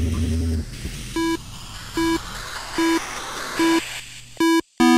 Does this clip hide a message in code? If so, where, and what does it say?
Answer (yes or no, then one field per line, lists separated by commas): no